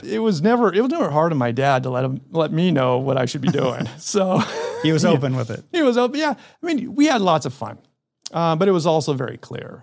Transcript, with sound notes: It was never, it was never hard on my dad to let him, let me know what I should be doing. So [laughs]
He was open with it.
He was op- yeah. I mean, we had lots of fun. Um, but it was also very clear.